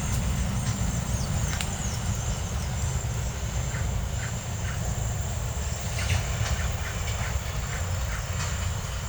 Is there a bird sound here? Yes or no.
no